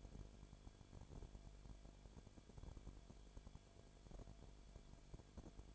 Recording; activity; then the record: daily activity, microphone in the room; no activity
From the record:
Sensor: 5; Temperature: 19.8 degrees Celsius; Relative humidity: 33.3%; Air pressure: 1001.4 hPa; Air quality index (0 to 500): 32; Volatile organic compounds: 1 ppm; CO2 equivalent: 525 ppm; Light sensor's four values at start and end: 2/3/1/1 and 2/3/1/1